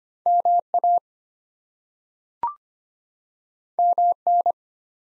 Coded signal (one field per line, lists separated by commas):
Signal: Morse code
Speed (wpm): 25 wpm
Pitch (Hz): 700 Hz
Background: none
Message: MA MN